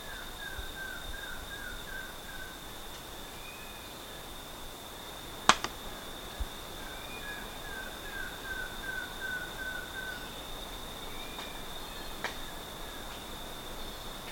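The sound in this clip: Bird calling in quick runs of short, soft, down-slurred notes, several bursts throughout, over a steady high whine and a few sharp clicks.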